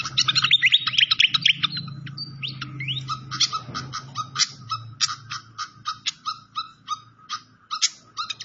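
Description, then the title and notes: Malaysian pied fantail song opening with a fast tangle of slurred whistles, then slowing into single sharp chips spaced under a second apart, over low hum. Masteran (training recording) of clear-voiced song mixed with the sound of flowing water. "Masteran Sikatan Kipas Suara Jernih Dan Suara Gemericik Air. Suara Burung Sikatan Londo"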